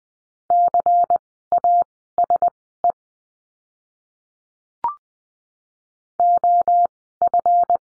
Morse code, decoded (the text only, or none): CASE OF